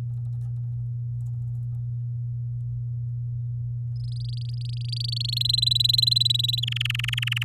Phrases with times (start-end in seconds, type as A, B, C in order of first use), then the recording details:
3.95-5.39 A, 5.40-6.61 B, 6.62-7.43 C. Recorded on 11 May 2018 at 06:16. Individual llb16